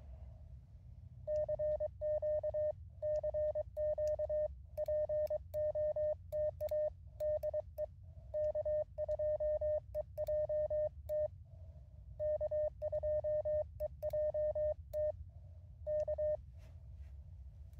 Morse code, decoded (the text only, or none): CQ CQ POTA DE K2EJT K2EJT K